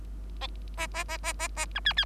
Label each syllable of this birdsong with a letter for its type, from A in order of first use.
A A A A A A B C C